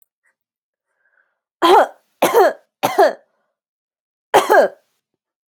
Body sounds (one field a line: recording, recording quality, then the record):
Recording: heavy voluntary cough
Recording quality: excellent, no background noise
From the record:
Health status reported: healthy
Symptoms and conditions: none ticked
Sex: female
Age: 36 years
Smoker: not ticked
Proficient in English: yes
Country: United States